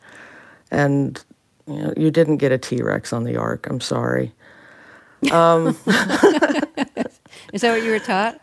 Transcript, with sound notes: And, you know, you didn't get a T-Rex on the ark. I'm sorry.
(LAUGHTER)
Is that what you were taught...